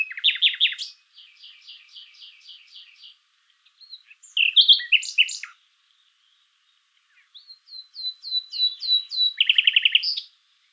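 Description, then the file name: Common nightingale song: a loud chirp burst, a run of softer repeated notes, a sharp phrase, then a string of whistles ending in a fast trill. "Luscinia megarhynchos"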